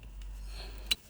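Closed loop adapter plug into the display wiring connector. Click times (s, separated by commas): 0.9 s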